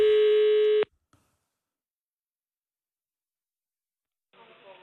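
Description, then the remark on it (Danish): A loud, steady telephone ringing tone sounds once for under a second as a call is placed to the Danish security and intelligence service, then cuts off into silence before a voice starts speaking at the very end. “Derfor ringer vi til PET.”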